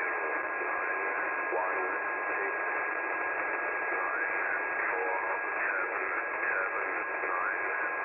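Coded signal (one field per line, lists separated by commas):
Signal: numbers station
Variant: E06, English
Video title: Russian Spy Number Station E06, moderately clear S5 to 6 reception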